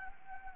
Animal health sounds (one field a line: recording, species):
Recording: mosquito wingbeat signal from an infrared sensor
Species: Anopheles gambiae